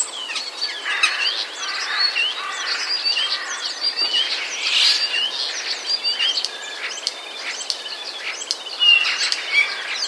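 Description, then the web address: Common starling chattering song, busy overlapping chirps and short whistled notes throughout, with a soft hiss behind. Starlings mimicking sounds borrowed from sparrows. "wroblowe zapozyczenia szpaki"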